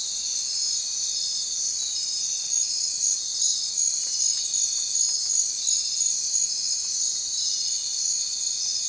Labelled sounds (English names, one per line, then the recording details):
none
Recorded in secondary vegetation near Puerto Asís, Putumayo, Colombia, on 30 June 2025 at 02:30
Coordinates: 0.499, -76.323
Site G077